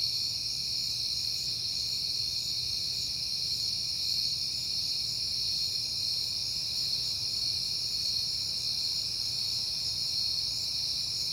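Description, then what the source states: Crickets maintain a persistent high, ringing chirp chorus throughout, steady and unvarying, with a low background drone. Crickets recorded on a peaceful night in September.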